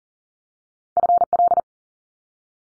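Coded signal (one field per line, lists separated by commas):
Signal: Morse code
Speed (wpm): 40 wpm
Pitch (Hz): 700 Hz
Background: none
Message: FL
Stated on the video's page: Morse code head-copy drill of US state names at 40 wpm, each sent, spoken, then sent again.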